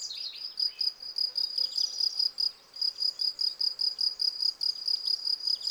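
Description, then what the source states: Field cricket chirping: steady, high, pulsed trills repeated rapidly about two or three times a second, with brief soft bird notes in the background. Several crickets singing in a garden lawn, Val Maravel, 18 April 2020, for three days; freshly new wings give clear stridulation; Nagra Seven, cardioid MKH40 microphone.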